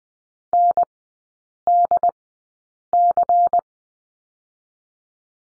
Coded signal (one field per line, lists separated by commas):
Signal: Morse code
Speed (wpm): 20 wpm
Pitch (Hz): 700 Hz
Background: none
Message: NDC